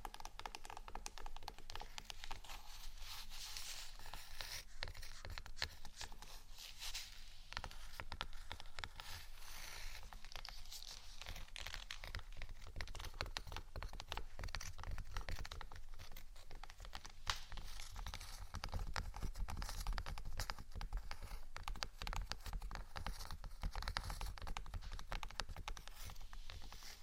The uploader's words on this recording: ASMR Gentle Scratching & Tapping For Sleep (No Talking).